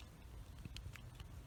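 A plastic electrical connector is unlatched from a VW ignition coil pack by pushing in on the whole connector and pulling its tab out slightly. A small, sharp click is heard at 0.8 s as the latch releases, with faint ticks nearby over a low background rumble. The connector comes free.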